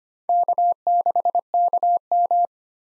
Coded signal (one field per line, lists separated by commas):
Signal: Morse code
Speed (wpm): 25 wpm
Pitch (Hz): 700 Hz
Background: none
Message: K6KM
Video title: 2023 SOTA Chaser Call Signs - 25wpm